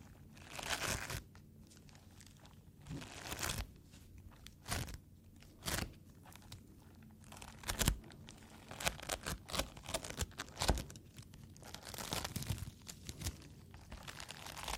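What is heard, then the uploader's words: Foam being squeezed and rubbed makes irregular bursts of crisp crinkling and scratchy rustle, with sharper snaps near 8 and 11 seconds. The handling grows busier in the second half, and a faint low hum sits underneath the pauses. Tapping, Foam, Scratching, NO TALKING.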